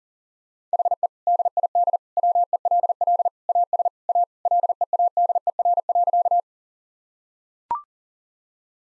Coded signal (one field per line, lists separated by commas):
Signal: Morse code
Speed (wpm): 40 wpm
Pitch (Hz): 700 Hz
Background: none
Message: HE DID WELL AS A LEADER.